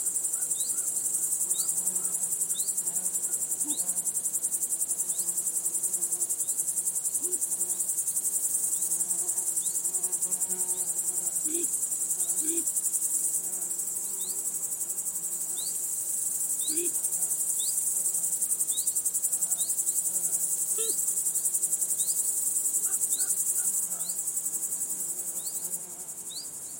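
Grasshoppers and insects keep up a steady, high, dense hiss, with brief chirps and calls recurring every second or two throughout.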